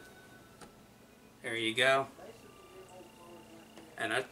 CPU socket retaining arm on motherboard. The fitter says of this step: the retaining arm back down to clicks there